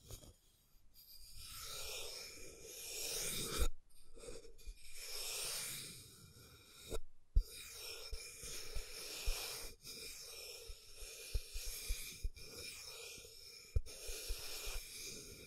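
Scratching and tracing strokes make a rough, hissy texture that swells and fades in uneven passes, bright and airy with little low end. Brief silences break it near 1, 4 and 7 seconds, and sharp taps or clicks land every few seconds.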